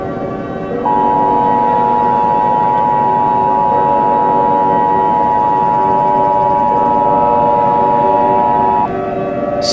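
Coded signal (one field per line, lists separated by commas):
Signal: Emergency Alert System (SAME) tones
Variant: 853 and 960 Hz attention tone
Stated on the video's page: Fictional EAS scenario, the creator's first.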